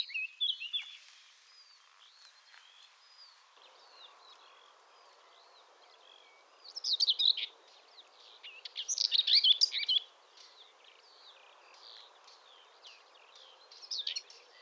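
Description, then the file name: Eurasian blackcap giving fast, scratchy warbling phrases, with two loud bursts around the middle and softer twittering before and after; a steady background hiss throughout. "Sylvia atricapilla"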